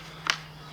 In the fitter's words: it automatically clicks in place with these here and i actually painted the right one black